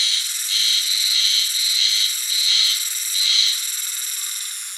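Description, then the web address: Japanese spring cicada calling in a high, rasping drone that repeatedly swells and fades. 16 April 2017. "birdenaga haruzemi 170416"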